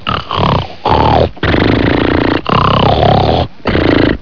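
Loud, coarse, fluttering rattles come in about six back-to-back bursts over four seconds, with short quiet gaps between them, from an adult sleeper. This is snoring, the vibration of the soft tissues of the upper airway during sleep.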